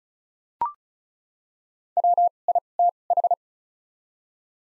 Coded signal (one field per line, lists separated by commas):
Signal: Morse code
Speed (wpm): 36 wpm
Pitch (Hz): 700 Hz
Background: none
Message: W I T H